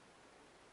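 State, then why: Not seated. The blade of an 80-year-old TL-29 folding electrician's knife is being opened toward its metal liner lock. Only steady, broadband hiss-like noise is heard for 0.8 seconds, with no distinct snap or click. Nothing has seated or clicked into place yet.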